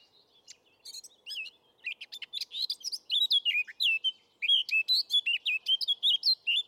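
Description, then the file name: Eurasian blackcap song: soft chattering notes that build into a louder, fast, varied warble of high whistled and scratchy notes. "Sylvia atricapilla"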